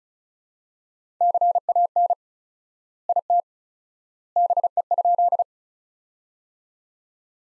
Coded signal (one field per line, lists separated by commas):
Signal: Morse code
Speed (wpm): 36 wpm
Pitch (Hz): 700 Hz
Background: none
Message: CAN IT BE?